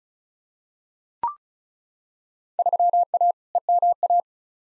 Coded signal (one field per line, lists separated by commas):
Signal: Morse code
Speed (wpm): 36 wpm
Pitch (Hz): 700 Hz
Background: none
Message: 3A EMA